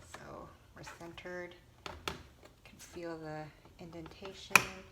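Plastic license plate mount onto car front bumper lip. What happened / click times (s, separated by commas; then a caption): Handled, not yet home: the plastic mount is being positioned but has not snapped in / none. A plastic front license plate mount for a 2013 VW GTI is held centered on the car's front bumper and felt along for its indentation, to be pressed until it snaps under the bumper lip. Someone talks over soft handling sounds, with a small tap near 0.2 s and a sharper hit near 4.6 s. Nothing has seated or clicked yet.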